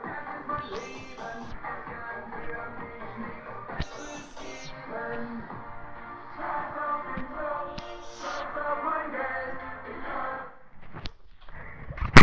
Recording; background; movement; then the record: deep breathing; music; walking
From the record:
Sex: female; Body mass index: 18.8 kg/m2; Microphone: on the chest, facing the body